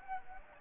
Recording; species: mosquito wingbeat signal from an infrared sensor; Anopheles gambiae